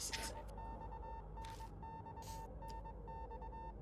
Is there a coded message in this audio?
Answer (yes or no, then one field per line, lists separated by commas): no